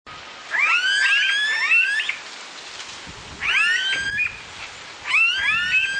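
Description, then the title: Smooth-billed ani calls: overlapping rising, whining whistles given in three loud bursts, with quiet hiss between them. "LuckyPassaro Completos2Sama. Smooth-billed Ani (Crotophaga ani)"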